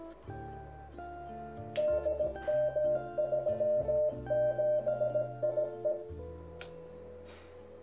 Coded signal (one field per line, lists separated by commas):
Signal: Morse code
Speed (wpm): 17 wpm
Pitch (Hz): 610 Hz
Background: music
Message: DM37IE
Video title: Ham radio beacon for 12 meters